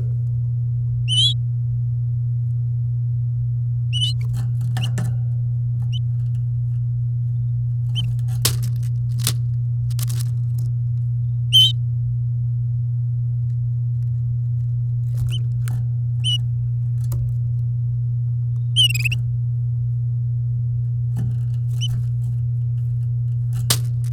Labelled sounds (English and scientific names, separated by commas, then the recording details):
Domestic Canary (Serinus canaria) song
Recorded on 8 May 2018 at 08:11
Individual llb16